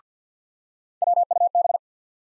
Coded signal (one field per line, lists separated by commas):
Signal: Morse code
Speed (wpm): 50 wpm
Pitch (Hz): 700 Hz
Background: none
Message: WUB